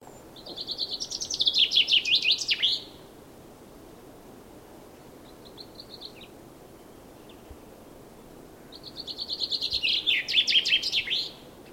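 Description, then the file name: Common chaffinch song, two bright descending trills about eight seconds apart, each ending in a sharp flourish, with a brief soft note between them. "Fringilla coelebs"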